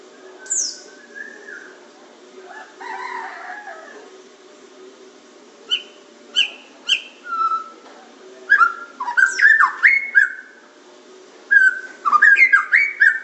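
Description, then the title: Oriental magpie-robin song, scattered whistled notes building into a rapid run of varied slurred and chirping phrases in the second half, over a faint low hum. "Kicau Kacer"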